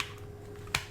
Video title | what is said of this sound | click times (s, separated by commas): Bluetooth Headphone Comparison - under $50 - Alternative Headphones | You can see right here, and they just snap into place, and it's a magnetic door, and they charge | 0.8 s